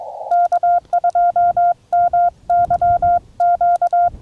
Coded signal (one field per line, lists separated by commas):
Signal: Morse code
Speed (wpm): 22 wpm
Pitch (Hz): 660 Hz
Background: none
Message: K2MYQ